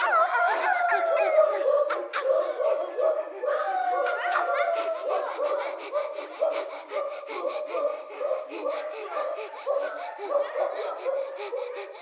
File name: Drever